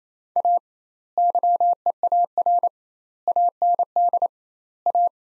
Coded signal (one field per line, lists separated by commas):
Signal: Morse code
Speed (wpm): 28 wpm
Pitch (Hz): 700 Hz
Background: none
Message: A YEAR AND A